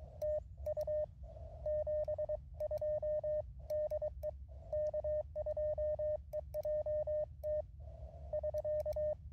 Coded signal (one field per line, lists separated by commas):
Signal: Morse code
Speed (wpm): 22 wpm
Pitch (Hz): 610 Hz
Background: radio noise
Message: TU 72 DE K2EJT <SK>